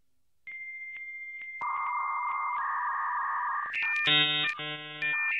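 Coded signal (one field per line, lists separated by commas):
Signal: dial-up modem handshake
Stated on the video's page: Song made from dial-up internet sounds.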